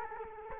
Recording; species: mosquito wingbeat signal from an infrared sensor; Culex quinquefasciatus